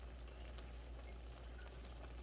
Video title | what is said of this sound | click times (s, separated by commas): chicken and pasta, keeping it simple | And that's it. Once it's popped, it should be simple to open. | 0.6 s